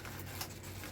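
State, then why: Seated. A plastic cover slides onto the airframe of a Fimi Manta VTOL drone. A single short, sharp click at 0.4 s rises above a steady low hum as it locks into place, and the cover is seated.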